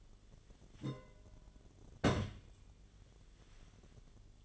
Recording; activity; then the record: daily activity, microphone in the room; place on stove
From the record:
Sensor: 4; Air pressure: 1010.9 hPa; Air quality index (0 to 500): 167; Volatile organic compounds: 4 ppm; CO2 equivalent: 1704 ppm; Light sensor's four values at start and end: 40/113/45/47 and 40/113/45/47